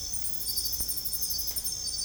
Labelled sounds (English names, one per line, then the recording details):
none
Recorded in secondary vegetation near Puerto Asís, Putumayo, Colombia, on 16 December 2024 at 23:00
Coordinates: 0.468, -76.324
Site G095